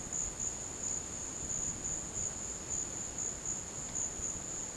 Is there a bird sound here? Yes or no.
no